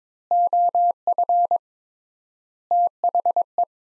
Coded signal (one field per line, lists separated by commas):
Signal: Morse code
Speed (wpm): 22 wpm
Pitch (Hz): 700 Hz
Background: none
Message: OF THE